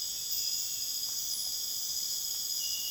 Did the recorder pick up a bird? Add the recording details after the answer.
no. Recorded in dense forest near Puerto Asís, Putumayo, Colombia, on 22 June 2025 at 22:30. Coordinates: 0.484, -76.325. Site H65